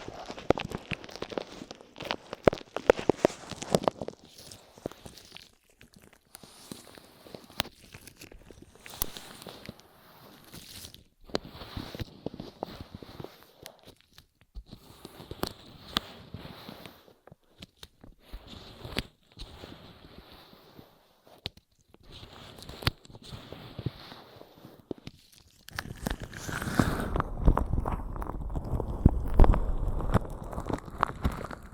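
Ear massage sounds: quick crackling taps and brushes on the microphone, coming in irregular bursts with short quiet gaps for most of the clip. Around 26 seconds the rubbing turns steadier, denser and louder, a continuous rustling scrape to the end.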